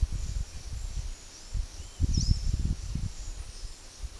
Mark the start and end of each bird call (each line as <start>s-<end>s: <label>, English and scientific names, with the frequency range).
2.06s-2.33s: Palm Tanager (Thraupis palmarum) (3.0-8.5 kHz)